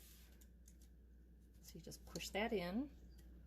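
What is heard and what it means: A spade connector on a wire is being pushed into the back of a new ceramic stovetop burner receptacle block. Someone talks over quiet handling noise with a few faint ticks. Nothing has seated or locked into place yet.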